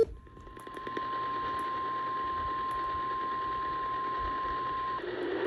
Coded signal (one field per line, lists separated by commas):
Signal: Emergency Alert System (SAME) tones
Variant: 1050 Hz attention tone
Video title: SVR Madness (EAS Alerts from 6/22/22) (EAS #190-206) (Monsoon EAS #1-17)